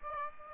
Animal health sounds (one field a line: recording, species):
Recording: mosquito wingbeat signal from an infrared sensor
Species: Aedes aegypti